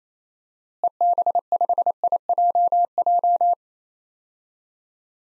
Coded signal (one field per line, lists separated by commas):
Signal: Morse code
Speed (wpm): 27 wpm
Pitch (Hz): 700 Hz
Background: none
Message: EB5IJJ